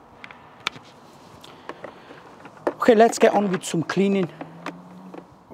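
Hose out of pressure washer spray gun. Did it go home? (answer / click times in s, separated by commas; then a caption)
released / 0.7 s. A pressure washer hose is released from the spray gun by pushing the blue release button on the gun coupling backwards and pulling the hose out, with a sharp click at 0.7 s. A few small clicks and taps follow before someone talks, and the hose comes free.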